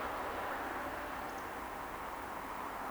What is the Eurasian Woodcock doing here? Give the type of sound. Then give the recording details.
whistle. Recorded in Baden-Württemberg, Germany, on 30 May 2021 at 20:11 UTC. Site 43323, 910 m above sea level